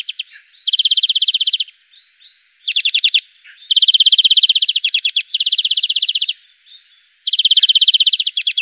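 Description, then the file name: European greenfinch song: continuous run of fast ringing trills, some rolling and some buzzier, repeated with only brief gaps between phrases. "Gronfink"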